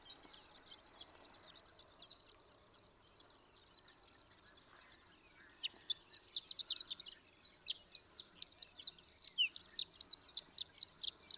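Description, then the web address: Horned lark song: soft, high tinkling notes at first, then from about six seconds a brighter, rapid run of thin chips and twitters. "birdsongforthecurious Horned Lark"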